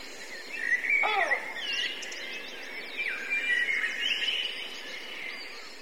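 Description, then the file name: Blackbird flock calling, harsh rising and falling squeals over a constant buzzy background chatter from many birds. Several blackbirds; recorded through a line-in input. "blackbirds record from line in overruns"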